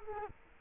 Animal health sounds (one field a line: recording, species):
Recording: mosquito wingbeat signal from an infrared sensor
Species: Culex quinquefasciatus